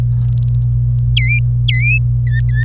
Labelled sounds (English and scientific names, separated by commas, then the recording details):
Domestic Canary (Serinus canaria) song
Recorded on 26 April 2018 at 10:50
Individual llb3